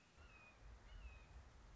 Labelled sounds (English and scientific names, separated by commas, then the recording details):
Red-shouldered Hawk (Buteo lineatus)
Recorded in Sonoma County, California